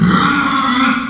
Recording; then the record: squeal of a Yucatan mini pig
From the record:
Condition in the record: after surgery on the right vocal fold (resection and tissue-engineered implant); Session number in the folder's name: 14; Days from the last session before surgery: 133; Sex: female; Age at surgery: 19 weeks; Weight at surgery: 25 kg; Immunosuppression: prednisolone